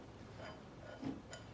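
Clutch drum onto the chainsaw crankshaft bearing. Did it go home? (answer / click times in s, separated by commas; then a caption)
no / none. The clutch drum of a Stihl MS-460 chainsaw is being handled over the cage bearing on the crankshaft during reassembly, producing quiet, low handling noise with a brief faint tick around 1.3 seconds. Nothing has seated or clicked into place yet.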